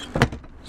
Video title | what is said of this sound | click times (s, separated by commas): 2020 Earthroamer XV LTS Expedition Vehicle 4x4 Full Detailed Tour | I'm just gonna pivot it up lock into place store | 0.2 s